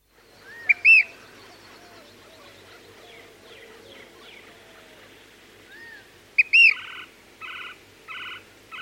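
Brown-crested flycatcher calling, with two loud, clear whistled notes well apart, then a series of short buzzy burry notes, over faint background bird chatter.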